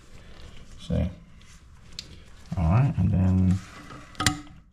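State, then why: Seated. Someone talks while a new rubber/plastic flapper is fitted onto the flush valve of a toilet tank. Short, sharp plastic ticks come at 4.2 s and 4.3 s as the flapper locks into place on the valve, seated.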